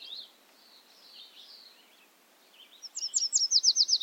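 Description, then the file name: Bobolink: bird song: faint warbling notes, then a loud, fast, metallic trill of repeated notes near the end. Recorded at Ferme Beauchamp. "A bobolink talks to you from Ferme Beauchamp"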